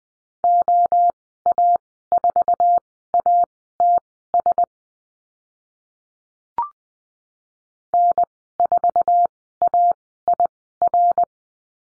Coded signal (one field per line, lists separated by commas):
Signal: Morse code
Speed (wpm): 20 wpm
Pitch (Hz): 700 Hz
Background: none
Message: OA4ATS N4AIR